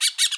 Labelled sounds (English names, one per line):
Brown-throated Parakeet contact call